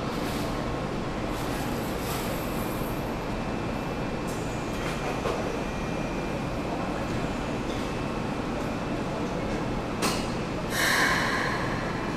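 A train rolls through an underground station, a dense, steady rumble with a faint whine riding above it. Short bright squeals and clanks of the wheels cut in around five seconds and again near ten to eleven seconds.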